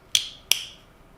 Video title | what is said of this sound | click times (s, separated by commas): How To Install Bluetooth In Your Car For Less Than $15 !! Hidden Method! | And the top piece should just snap into place | 0.2 s, 0.5 s